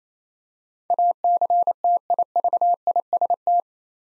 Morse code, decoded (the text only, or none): ACTIVIST